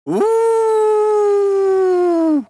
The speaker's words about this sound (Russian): Разносится громкий звериный вой прямо за грудой камней. Но неожиданно он переходит в панический визг. И резко обрывается, а за преградой слышится странное потрескивание.